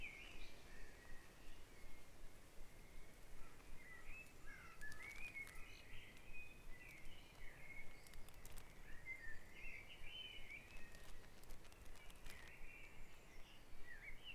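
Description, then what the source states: Birds singing in a dawn chorus: warbled phrases continuing throughout, over a steady low rumble and occasional clicks. Dawn chorus recorded at Back Dragon Avenue, Harrogate, as part of a sound map of Harrogate.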